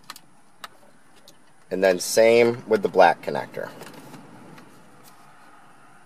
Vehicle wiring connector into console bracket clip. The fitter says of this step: Slide the connector in till it clips into place